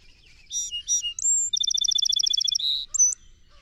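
Song sparrow giving its song: two crisp starting notes, a high pure whistle, a rapid rattle of repeated notes, a buzzy drop and two closing whistles.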